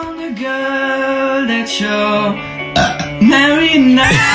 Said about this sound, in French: si je savais qu'il y avait un rot dedans